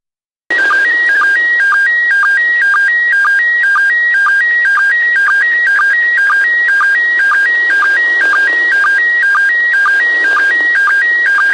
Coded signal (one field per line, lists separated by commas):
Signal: SSTV (slow-scan television)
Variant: PD 120